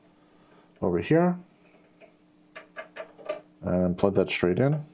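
A CPU power cable is handled and pushed straight toward its header at the upper left of a motherboard while someone talks, with a few faint, short ticks of handling around 2.6, 2.8 and 3.3 seconds between the words. Nothing has seated or clicked yet.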